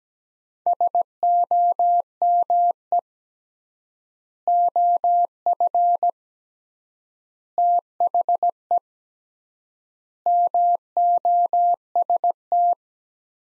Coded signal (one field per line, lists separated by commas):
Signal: Morse code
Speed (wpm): 17 wpm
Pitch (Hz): 700 Hz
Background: none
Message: SOME OF THE MOST